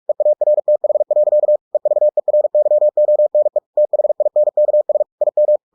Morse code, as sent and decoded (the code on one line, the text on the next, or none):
. .- .-. - .... .-.-.- / . ...- . .-. -.-- --- -. . / - .... .. -. -.- ... / .. --
EARTH. EVERYONE THINKS IM